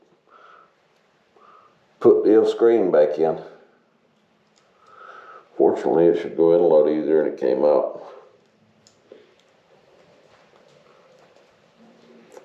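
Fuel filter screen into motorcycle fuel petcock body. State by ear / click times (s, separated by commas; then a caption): not seated / none. Someone talks while the fuel filter screen is pushed back into the body of a rebuilt Yamaha SR500 motorcycle fuel petcock, going in more easily than it came out. A few faint, short ticks sound near the end. Nothing has seated or clicked into place yet.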